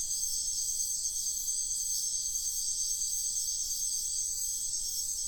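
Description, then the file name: High, shrill cricket trilling from many insects at once, continuous and evenly pulsed, with only faint low hiss beneath. Night ambience in a wetland in Sian Ka'an Biosphere Reserve, with crickets calling. "felix blume nature ambience wetland night frogs crickets insects sian kaan biosphere reserve"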